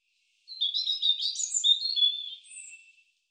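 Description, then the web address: European robin singing one high phrase of quick liquid warbles and trills, with a thin, higher note near its end. The background is quiet. "cianscape birddata Deverinetal Bird Er Ru"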